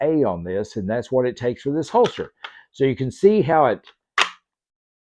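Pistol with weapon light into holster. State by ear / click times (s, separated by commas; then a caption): seated / 4.2 s. Someone talks, then a Sig P320 pistol with a Wilson Combat lower grip module and a Streamlight TLR-7A weapon light is pushed into a Kydex-style holster. It snaps in with a single sharp click at 4.2 s. The pistol is seated in the holster with a tight fit and good retention.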